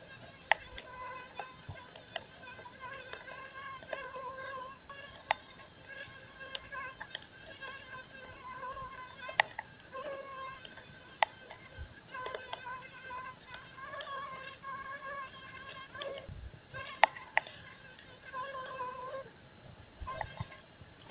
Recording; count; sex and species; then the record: mosquito flight sound in a plastic cup; one mosquito; female Aedes aegypti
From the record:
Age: 1 day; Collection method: oviposition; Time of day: 16:59